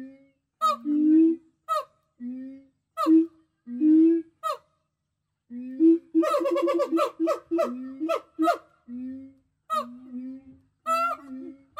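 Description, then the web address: Gibbon calls: repeated low swooping hoots, a fast rattling series of rough notes in the middle, then further hoots and scattered sharp notes. "гиббон"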